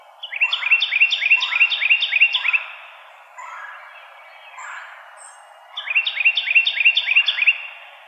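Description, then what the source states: Carolina wren singing two bursts of fast repeated ringing phrases, each about two seconds long, with softer notes in the gap between them. Recorded 2007-01-04.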